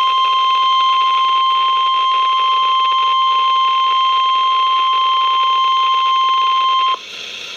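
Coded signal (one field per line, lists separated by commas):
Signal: Emergency Alert System (SAME) tones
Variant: 1050 Hz attention tone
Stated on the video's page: Flood Warnings on NOAA Weather Radio KEC83 (162.400) and WXK97 (162.500), header sent twice.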